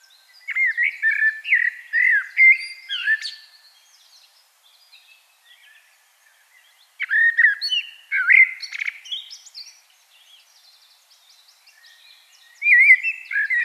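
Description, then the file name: Common blackbird song: phrases of rich, flute-like notes ending in squeaky high twitters, with pauses of a few seconds between them; the last phrase is cut off. "Turdus merula"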